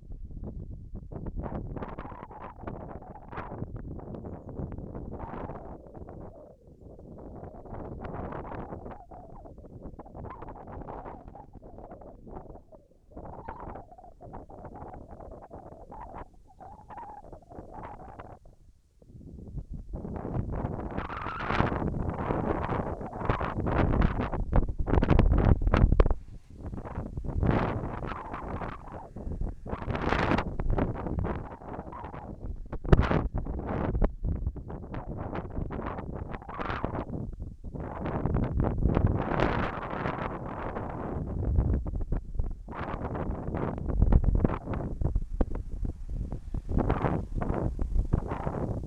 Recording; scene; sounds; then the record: everyday scene through a hearing-aid microphone; wind on the microphone; wind, whistling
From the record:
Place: in front of a rural house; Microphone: behind the ear, left, rear